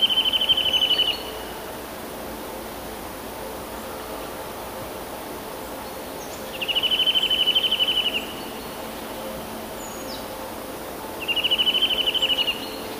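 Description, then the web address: Eurasian nuthatch giving fast, even trills of rapid piping notes, three bursts spaced several seconds apart over a steady background hiss. "kowalik kowalikszybkietryle"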